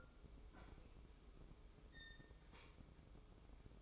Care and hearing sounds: daily activity, microphone in the room; open fridge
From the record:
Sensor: 1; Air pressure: 995.3 hPa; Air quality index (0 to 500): 24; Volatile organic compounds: 0 ppm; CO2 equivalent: 499 ppm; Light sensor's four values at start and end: 19/62/23/25 and 19/62/23/25

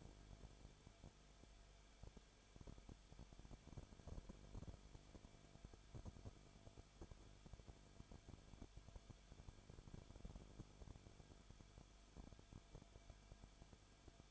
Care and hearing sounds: daily activity, microphone in the room; no activity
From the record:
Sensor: 5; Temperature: 20.4 degrees Celsius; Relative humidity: 39.8%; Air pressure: 1010.8 hPa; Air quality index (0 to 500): 165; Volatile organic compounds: 15 ppm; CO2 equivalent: 2502 ppm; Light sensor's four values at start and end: 2/3/1/1 and 2/3/1/1

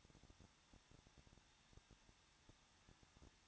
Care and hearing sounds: daily activity, microphone in the room; no activity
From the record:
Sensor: 3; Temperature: 21.2 degrees Celsius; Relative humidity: 36.3%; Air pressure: 1006.3 hPa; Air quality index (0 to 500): 221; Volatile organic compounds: 40 ppm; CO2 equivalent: 3155 ppm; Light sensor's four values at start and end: 2/3/2/2 and 2/3/2/2

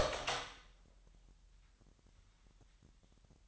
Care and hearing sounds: daily activity, microphone in the room; open door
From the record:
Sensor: 3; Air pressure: 998.4 hPa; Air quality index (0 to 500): 141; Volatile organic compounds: 4 ppm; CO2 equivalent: 1686 ppm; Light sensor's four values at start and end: 16/46/19/17 and 16/46/19/17

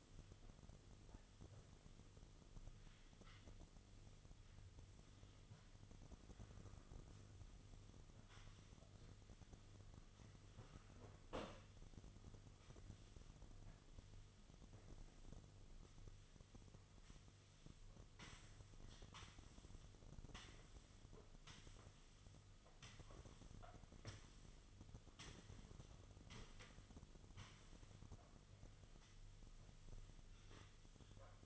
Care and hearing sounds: daily activity, microphone in the room; sweep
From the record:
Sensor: 4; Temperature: 26.3 degrees Celsius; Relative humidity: 32.1%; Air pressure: 1005.6 hPa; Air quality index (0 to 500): 110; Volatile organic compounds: 3 ppm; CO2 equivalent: 1367 ppm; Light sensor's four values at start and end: 13/29/11/11 and 13/29/11/11

